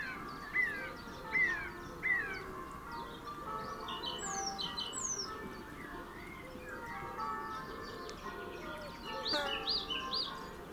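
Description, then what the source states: Song thrush song: a clear whistled phrase repeated three times, then varied sliding and trilled phrases, and a final phrase of rising and falling notes, over background noise. Male singing.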